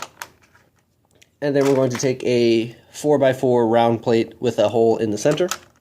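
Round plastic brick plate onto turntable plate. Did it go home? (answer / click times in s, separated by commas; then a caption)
no / none. A 4x4 round plastic brick plate with a hole in the center is handled before being pressed onto a turntable plate, with a few faint taps and clicks in the first 1.3 seconds while someone talks. Nothing has seated or snapped yet by the end of the clip.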